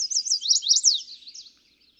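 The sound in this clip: Chestnut-sided warbler song, a quick run of high slurred, zigzagging whistled notes that loudens in the middle and then fades away.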